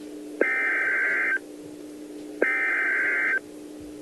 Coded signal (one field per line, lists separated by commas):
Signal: Emergency Alert System (SAME) tones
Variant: header bursts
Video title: Just a regular EAS Mock